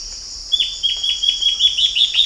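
Bird delivering a run of about nine crisp, high, downward-sweeping notes, slightly quickening and climbing in pitch, against a continuous high cricket drone.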